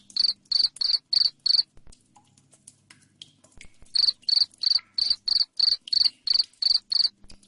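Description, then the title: Cricket chirping in loud, regular pulses about three per second, stopping for roughly two seconds midway before resuming. Loud cricket chirping (jangkrik ngerik) played to make lovebirds sing continuously (ngekek). "Suara JANGKRIK NGERIK Keras Bikin LOVEBIRD Jadi NGEKEK Terus"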